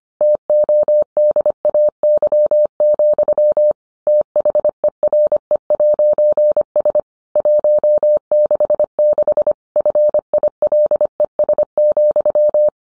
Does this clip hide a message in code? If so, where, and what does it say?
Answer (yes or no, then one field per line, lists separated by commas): yes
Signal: Morse code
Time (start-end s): 0.2-12.7 s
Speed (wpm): 25 wpm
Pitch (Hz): 600 Hz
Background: none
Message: TODAY, THERE'S 166 FILES,